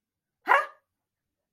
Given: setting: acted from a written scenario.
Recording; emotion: vocal sound without words; negative surprise